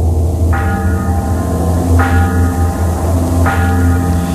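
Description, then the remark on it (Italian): Three slow, evenly spaced bell strikes ring out over a heavy, droning low-end hum, each toll sustaining with a bright metallic shimmer in a dark ambient music track from Sweden. “Nel frattempo ci siamo trasferiti con questa campana nel nord Europa, in Svezia”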